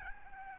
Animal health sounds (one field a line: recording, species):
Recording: mosquito wingbeat signal from an infrared sensor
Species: Aedes albopictus